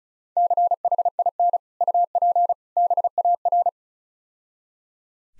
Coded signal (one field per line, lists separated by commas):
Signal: Morse code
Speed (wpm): 34 wpm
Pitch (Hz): 700 Hz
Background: none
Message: CHIN UP BAR